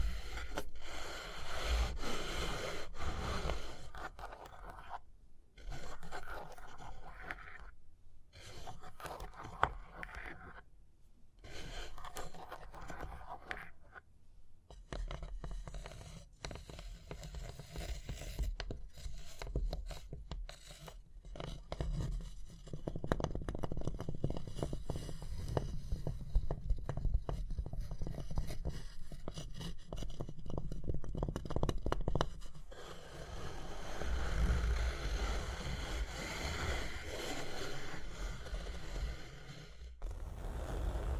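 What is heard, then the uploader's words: Tapping and scratching on a surface, with dense, irregular strokes filling most of the stretch. The scraping is bright and rough, broken by short silent pauses near the start, around five to fifteen seconds, then runs more continuously. Tapping and Scratching (No Talking).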